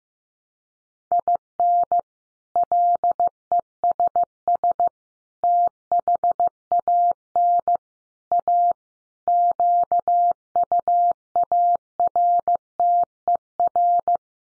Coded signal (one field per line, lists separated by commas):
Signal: Morse code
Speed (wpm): 15 wpm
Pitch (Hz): 700 Hz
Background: none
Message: IN LESS THAN A QUARTER